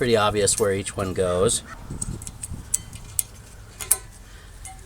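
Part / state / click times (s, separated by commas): brake pad abutment clip into caliper mounting bracket / seated / 3.2 s, 3.9 s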